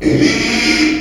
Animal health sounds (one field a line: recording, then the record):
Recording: squeal of a Yucatan mini pig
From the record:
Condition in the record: after surgery on the right vocal fold (resection and tissue-engineered implant)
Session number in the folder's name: 2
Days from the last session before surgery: 13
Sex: male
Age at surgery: 12 weeks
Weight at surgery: 13 kg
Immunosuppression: cyclosporine, prednisolone